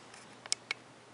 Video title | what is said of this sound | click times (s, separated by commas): Review FR - Transformers - iGear PP03J aka Ramjet | En descendant, vous voyez que cette partie-là se clipse sur l'ergot en métal, qui permet comme ça de bien verrouiller, | 0.5 s, 0.7 s